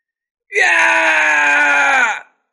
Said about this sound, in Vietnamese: Tử Thiên Đô hét thảm một tiếng, thân hình bay xéo ra ngoài, từng vòi máu loãng từ miệng của gã trào ra.